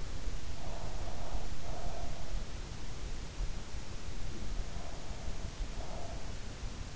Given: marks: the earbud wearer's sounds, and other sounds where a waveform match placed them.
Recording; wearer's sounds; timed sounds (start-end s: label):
sounds in sleep by an in-ear microphone; breath
0.46-3.01 s: breath
4.48-6.89 s: breath